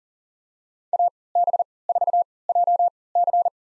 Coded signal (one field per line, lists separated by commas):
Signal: Morse code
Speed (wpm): 40 wpm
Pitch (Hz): 700 Hz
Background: none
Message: AB4JC